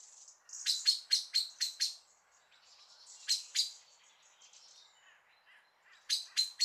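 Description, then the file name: Common blackbird giving short runs of hard, repeated clicking notes, a pair of louder clicks midway and another brief burst near the end, with soft twittering between. "Turdus merula"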